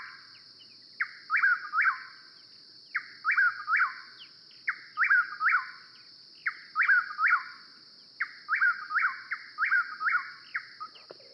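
Chuck-will's-widow singing its phrase: a soft opening note and two loud whistled notes, the last slurred, repeated about every two seconds over a steady high insect drone.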